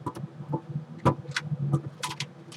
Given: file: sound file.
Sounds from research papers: Directed singing 162048 audio inset 2.

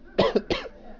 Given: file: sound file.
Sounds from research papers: This file contains an example of a double-cough from a TB patient. Several patients (such as this one) nearly always cough in a characteristic double-cough pattern.

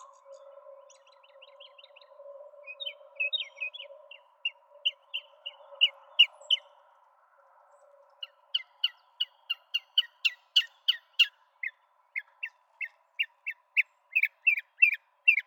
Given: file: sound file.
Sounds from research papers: Bird B. Mockingbird song material analyzed in this exploratory analysis is from five individual birds.

